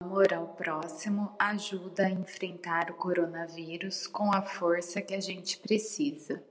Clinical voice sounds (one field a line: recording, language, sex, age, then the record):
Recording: spoken sentence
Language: Brazilian Portuguese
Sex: female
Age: 30 to 39 years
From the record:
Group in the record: control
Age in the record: 35 years